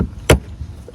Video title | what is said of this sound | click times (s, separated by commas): 2008-2013 Infiniti G37S/G37 coupe and sedan aluminum trim repair DIY with steel wool and water. | Once that's in, the rest is just snap in place. So squeeze it, start with the top, | 0.3 s